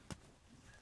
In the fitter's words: let's go the top first there you go nice click nice click